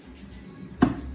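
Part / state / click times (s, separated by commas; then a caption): universal joint or drive shaft component going into the tractor front axle / seated / 0.8 s. A universal joint or drive shaft component is worked into the front axle of a Massey Ferguson MF3075 tractor during a repair with new UJs, bearings and mudguards. Over a low background hum, a single sharp metallic clunk rings out at 0.8 s. The part drops home and is seated in place.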